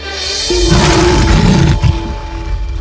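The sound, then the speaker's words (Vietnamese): A deep, rumbling lion roar, angry at having its dinner interrupted, surges up and holds for over a second, growling and raspy, then trails off into a lower rumble over a steady background hum. “Nó thấy bóng của Aaron và gầm lên một cách giận dữ.”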